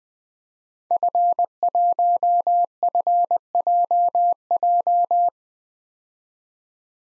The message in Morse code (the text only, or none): F1FJJ